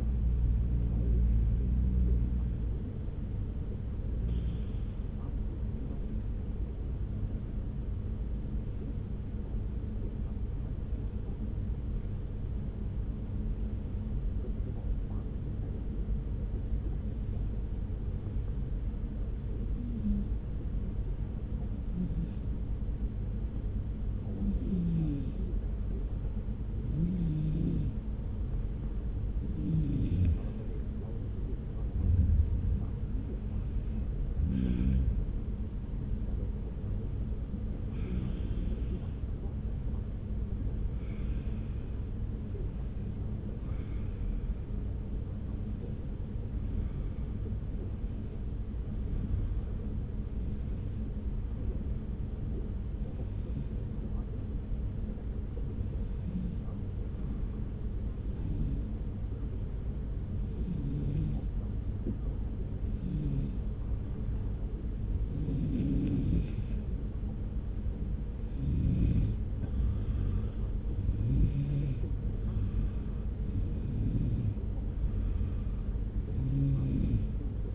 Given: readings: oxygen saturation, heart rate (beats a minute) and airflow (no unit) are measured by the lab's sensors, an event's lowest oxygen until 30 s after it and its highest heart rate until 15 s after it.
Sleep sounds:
breathing in sleep by a smartphone at the bedside; 2
11.00-32.70 s: hypopnea (N2, oxygen 96% highest, then 92% lowest)
50.00-68.90 s: hypopnea (N2, oxygen 95% highest, then 92% lowest)
From the record:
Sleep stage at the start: N2 (light sleep); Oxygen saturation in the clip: 90 to 96%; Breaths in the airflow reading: 28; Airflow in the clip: -1.3 to 2.1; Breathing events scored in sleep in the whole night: 335 in 6.7 hours asleep

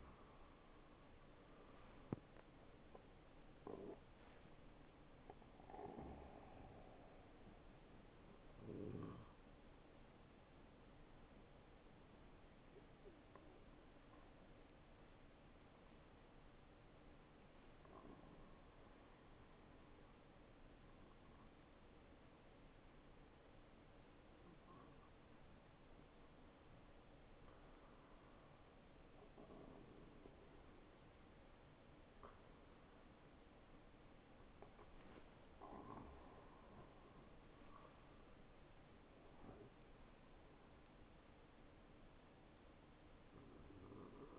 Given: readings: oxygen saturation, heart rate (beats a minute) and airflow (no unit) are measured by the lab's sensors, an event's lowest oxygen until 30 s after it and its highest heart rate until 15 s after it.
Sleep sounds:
breathing in sleep by a voice recorder at the bedside; 1
9.00-32.70 s: hypopnea (N1, oxygen 96% highest, then 94% lowest, heart rate 77 at the start, 77 highest)
From the record:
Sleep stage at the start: N1 (lightest sleep); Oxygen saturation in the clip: 93 to 96%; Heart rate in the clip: 51 to 77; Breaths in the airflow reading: 7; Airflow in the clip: -9.7 to 8.0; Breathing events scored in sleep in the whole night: 263 in 5.5 hours asleep

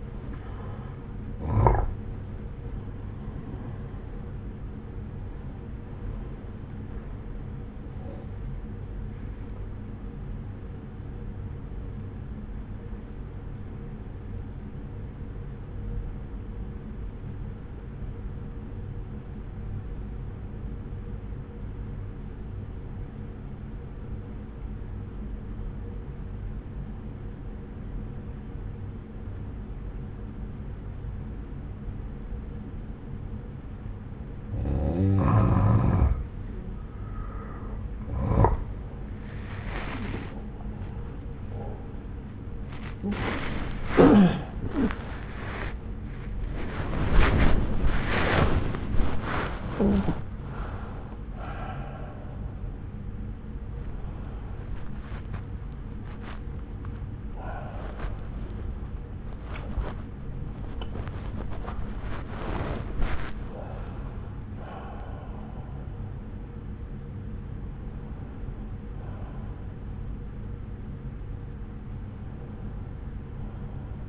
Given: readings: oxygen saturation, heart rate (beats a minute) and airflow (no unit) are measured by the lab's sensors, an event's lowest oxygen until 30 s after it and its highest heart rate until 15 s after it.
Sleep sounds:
breathing in sleep by a smartphone at the bedside; 1
13.00-37.90 s: obstructive apnea (N1, oxygen 96% highest, then 92% lowest)
45.00-74.09 s: new sleep stage, awake
49.00-74.09 s: awake
From the record:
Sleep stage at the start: N1 (lightest sleep); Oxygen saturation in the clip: 88 to 97%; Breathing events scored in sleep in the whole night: 303 in 8.1 hours asleep

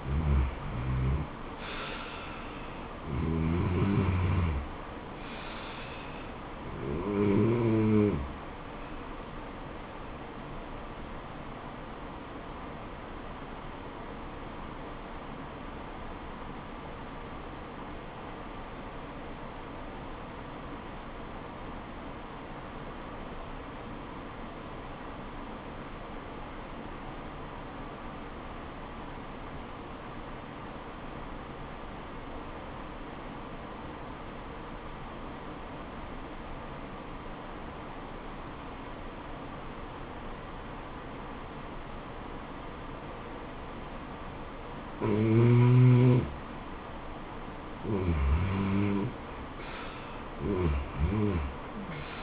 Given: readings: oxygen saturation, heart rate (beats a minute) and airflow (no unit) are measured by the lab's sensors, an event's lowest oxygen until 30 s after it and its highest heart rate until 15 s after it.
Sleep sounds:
breathing in sleep by a voice recorder at the bedside; 1
11.00-47.40 s: obstructive apnea (REM, oxygen 96% highest, then 82% lowest, heart rate 80 at the start, 80 highest)
From the record:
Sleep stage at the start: REM sleep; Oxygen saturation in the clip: 86 to 96%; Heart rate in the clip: 65 to 81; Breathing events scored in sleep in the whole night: 426 in 7.4 hours asleep

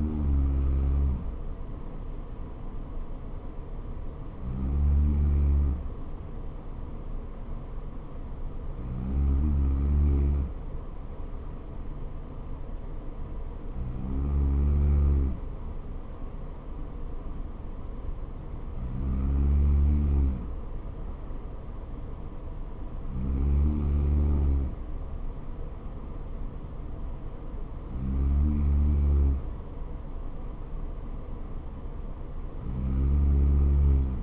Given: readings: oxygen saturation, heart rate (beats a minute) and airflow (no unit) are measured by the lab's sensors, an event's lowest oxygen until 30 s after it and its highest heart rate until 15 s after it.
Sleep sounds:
breathing in sleep by a smartphone at the bedside; none
33.00-34.23 s: new sleep stage, N2 (light sleep)
From the record:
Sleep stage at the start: N3 (deep sleep); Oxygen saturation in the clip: 95%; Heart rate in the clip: 60 to 64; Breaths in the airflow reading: 7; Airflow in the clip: -3.9 to 3.2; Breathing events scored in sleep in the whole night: 79 in 6.3 hours asleep

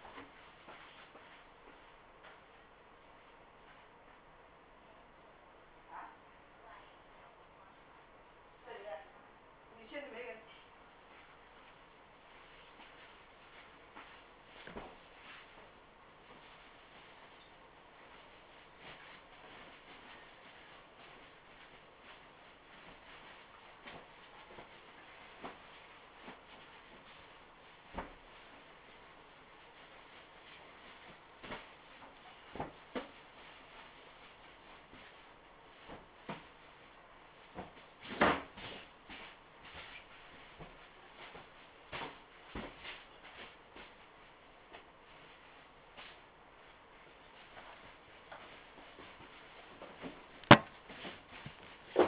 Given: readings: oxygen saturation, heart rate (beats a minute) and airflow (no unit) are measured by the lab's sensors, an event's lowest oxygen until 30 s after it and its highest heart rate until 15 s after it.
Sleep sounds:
a person awake in a sleep study, by a voice recorder at the bedside; none
0.00-52.08 s: awake
0.00-52.08 s: awake
From the record:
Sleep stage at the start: awake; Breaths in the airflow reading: 15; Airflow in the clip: -0.6 to 0.8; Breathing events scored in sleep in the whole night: 328 in 6.3 hours asleep

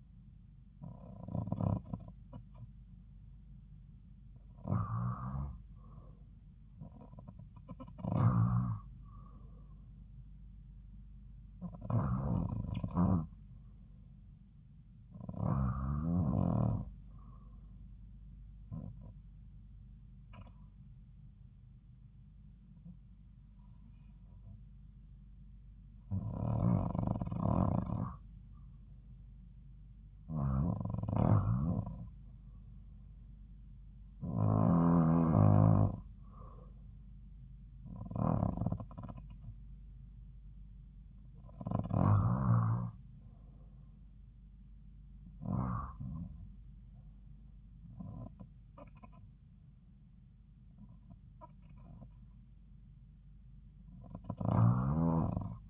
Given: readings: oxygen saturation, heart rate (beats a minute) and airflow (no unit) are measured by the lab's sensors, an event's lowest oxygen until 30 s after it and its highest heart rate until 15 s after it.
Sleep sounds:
breathing in sleep by a smartphone at the bedside; none
none scored
From the record:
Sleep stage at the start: REM sleep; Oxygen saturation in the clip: 91 to 93%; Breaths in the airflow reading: 16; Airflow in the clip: -4.3 to 5.1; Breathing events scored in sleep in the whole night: 270 in 6.1 hours asleep

